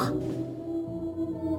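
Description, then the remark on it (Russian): A deep, growling monster-serpent voice effect, the voice of the serpent Khapun, drones on steadily, thick with low rumbling tones and a held, buzzy pitch, fairly loud and with no talking over it. “Это, видать, голос змея Хапуна.”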